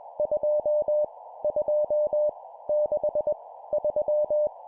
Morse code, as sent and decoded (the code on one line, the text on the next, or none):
..--- / ..--- / -.... / ...--
2 2 6 3